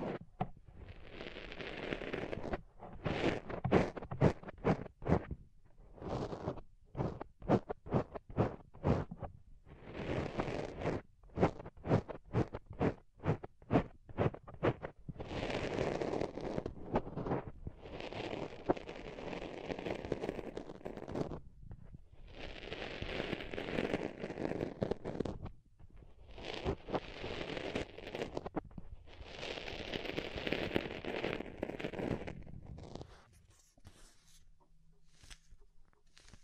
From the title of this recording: Deep Ear Tingles Soft & Fluffy Triggers